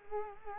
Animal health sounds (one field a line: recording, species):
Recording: mosquito wingbeat signal from an infrared sensor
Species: Culex quinquefasciatus